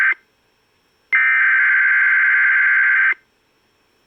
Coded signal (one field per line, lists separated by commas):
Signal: Emergency Alert System (SAME) tones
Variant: header bursts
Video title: EAS 3433 OH Amber Alert